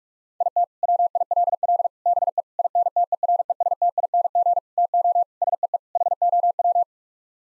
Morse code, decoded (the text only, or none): IT WILL BE INTERESTING TO SEE HOW